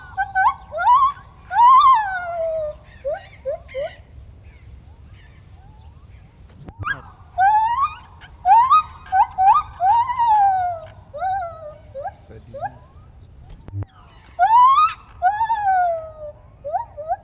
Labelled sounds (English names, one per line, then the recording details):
Lar Gibbon
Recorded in captivity
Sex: male
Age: adult
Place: Tierpark Berlin, Berlin, DE
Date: 1974-07-20
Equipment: Uher 4200 Report Stereo, Verstärker, Sennheiser MD 421
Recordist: Tembrock, Günter